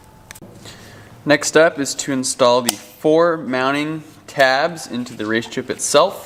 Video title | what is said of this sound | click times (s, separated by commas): GM 2.0L Turbo Diesel RaceChip Installation - Chevrolet Cruze - Malibu | make sure you push in all the way until it snaps | 0.3 s